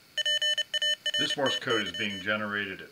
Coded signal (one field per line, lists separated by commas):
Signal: Morse code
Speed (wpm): 30 wpm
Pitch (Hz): 3000 Hz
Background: speech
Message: PARTY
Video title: Arduino Morse Generator